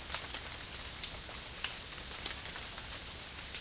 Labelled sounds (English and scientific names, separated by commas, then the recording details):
none
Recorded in dense forest near Puerto Asís, Putumayo, Colombia, on 21 March 2025 at 16:00
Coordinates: 0.485, -76.318
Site G056